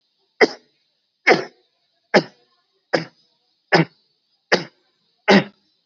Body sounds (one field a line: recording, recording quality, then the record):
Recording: shallow voluntary cough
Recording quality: excellent, no background noise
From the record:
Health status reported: COVID-19 positive, moderate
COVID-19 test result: positive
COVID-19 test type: RT-PCR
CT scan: not taken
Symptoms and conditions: cough, sore throat, fatigue, diarrhoea, hypertension, diabetes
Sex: male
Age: 72 years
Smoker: no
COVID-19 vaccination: both doses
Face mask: worn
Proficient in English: no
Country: India